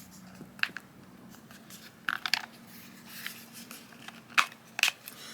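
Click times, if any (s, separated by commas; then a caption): 2.1 s, 2.3 s, 4.8 s. The plastic front frame cover of a rugged phone case is pressed onto the back shell around the phone until its edges clip together. Sharp plastic snaps are heard at 2.1 s, 2.3 s and 4.8 s, with other short clicks and handling noise around them. The frame ends up seated, snapped in place on the back case.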